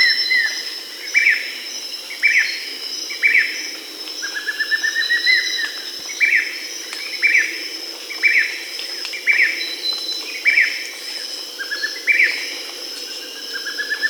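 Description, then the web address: Grayish mourner calling with repeated short whistled notes roughly once a second, some in rising chattering runs, against a constant high insect drone of the forest. Recorded in Peru. "Birds of the Amazon 3. Grayish Mourner (Rhytipterna simplex), Peru"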